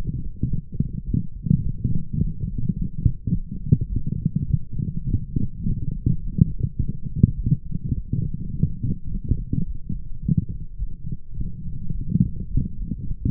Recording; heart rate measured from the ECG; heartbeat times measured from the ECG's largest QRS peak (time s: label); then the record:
heart sounds by stethoscope; 105 bpm
0.47 s: heartbeat
1.04 s: heartbeat
1.61 s: heartbeat
2.18 s: heartbeat
2.74 s: heartbeat
3.30 s: heartbeat
3.87 s: heartbeat
4.45 s: heartbeat
5.04 s: heartbeat
5.62 s: heartbeat
6.19 s: heartbeat
6.76 s: heartbeat
7.34 s: heartbeat
7.93 s: heartbeat
8.51 s: heartbeat
9.07 s: heartbeat
9.64 s: heartbeat
10.20 s: heartbeat
10.77 s: heartbeat
11.34 s: heartbeat
11.91 s: heartbeat
12.47 s: heartbeat
13.03 s: heartbeat
From the record:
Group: healthy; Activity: light exercise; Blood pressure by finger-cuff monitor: 129/76 mmHg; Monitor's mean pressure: 93 mmHg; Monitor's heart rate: 105 bpm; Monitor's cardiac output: 8.6 L/min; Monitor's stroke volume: 82 mL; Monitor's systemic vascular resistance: 800 dyn s/cm5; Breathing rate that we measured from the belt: 18 breaths a minute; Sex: female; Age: 26 years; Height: 165 cm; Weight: 55 kg